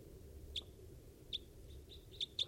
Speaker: There are at least three crossbills here, and they're all foraging on the ground on fallen Engelmann spruce cones.